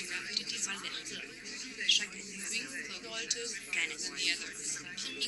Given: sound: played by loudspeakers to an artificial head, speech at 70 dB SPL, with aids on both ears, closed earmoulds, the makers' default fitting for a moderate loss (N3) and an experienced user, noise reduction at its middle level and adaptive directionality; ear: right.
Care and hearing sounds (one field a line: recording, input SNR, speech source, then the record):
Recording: speech test signal (ISTS) in cocktail-party noise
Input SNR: -6 dB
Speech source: in front (0 degrees)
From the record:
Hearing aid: class 1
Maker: H